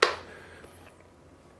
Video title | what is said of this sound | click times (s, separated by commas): Stewart Golf Q Follow Review & Unboxing - Best Electric Push Cart for 2025? | That's clicking into place. | 0.0 s